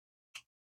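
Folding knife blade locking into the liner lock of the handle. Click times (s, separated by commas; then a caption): 0.4 s. A Kubey Boxer folding knife is flipped open and its blade locks into the handle's liner lock with one loud, sharp, bright click at 0.4 s, fading within about a tenth of a second. Silence surrounds it, and the blade is locked open.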